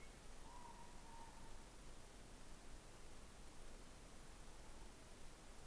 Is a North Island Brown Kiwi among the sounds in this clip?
no